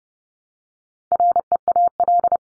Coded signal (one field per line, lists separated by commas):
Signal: Morse code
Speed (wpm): 30 wpm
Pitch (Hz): 700 Hz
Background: none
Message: REAL